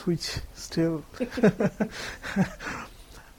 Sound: laughter